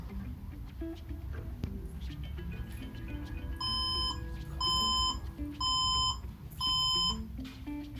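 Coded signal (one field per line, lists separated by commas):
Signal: beep code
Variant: HP desktop POST code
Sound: four buzzy half-second beeps near 1 kHz, evenly spaced about one second apart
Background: background music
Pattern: 4 short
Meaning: Four beeps on an HP desktop signal a power supply fault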